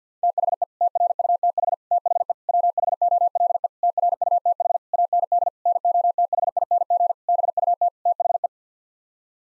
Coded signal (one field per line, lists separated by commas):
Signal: Morse code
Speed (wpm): 50 wpm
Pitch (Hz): 700 Hz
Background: none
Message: THE TRUTH THE WHOLE TRUTH AND NOTHING BUT THE